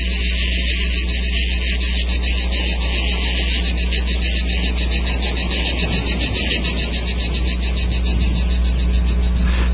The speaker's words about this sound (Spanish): Pues esos son los chapulines. No, esos son grillos. Los chapulines no hacen esos... No se rascan así las patitas.